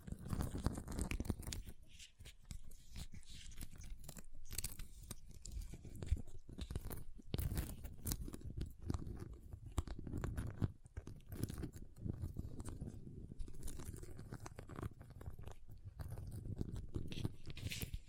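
Ice is tapped, scratched and carved in a dense, irregular stream of crunchy scrapes and sharp clicks, heavy in the low end throughout.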